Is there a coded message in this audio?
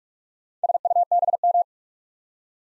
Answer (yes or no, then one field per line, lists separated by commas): yes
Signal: Morse code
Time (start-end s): 0.6-1.6 s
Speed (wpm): 44 wpm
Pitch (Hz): 700 Hz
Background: none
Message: SUBM